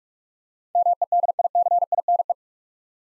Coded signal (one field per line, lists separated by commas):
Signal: Morse code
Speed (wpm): 45 wpm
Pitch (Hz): 700 Hz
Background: none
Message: MEDICINE